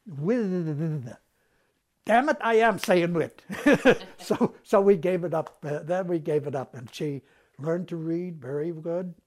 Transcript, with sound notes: With." "Damn it, I am saying wit." [Laughs] So we gave it up. Then we gave it up and she learned to read very good,